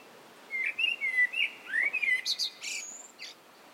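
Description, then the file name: Common blackbird song: a single phrase of mellow fluted whistles that rises and falls, ending in a thin, squeaky high-pitched twitter. "Turdus merula"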